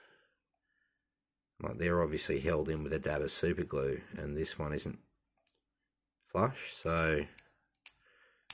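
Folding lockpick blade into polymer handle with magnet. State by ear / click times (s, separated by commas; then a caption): seated / 7.9 s, 8.5 s. Someone talks, then a pick blade on a SWICK EDC pocket-knife style lockpick tool is folded into its injection-molded polymer body, where a magnet holds it. Sharp clicks land at 7.9 s and 8.5 s as the blade snaps into place and seats.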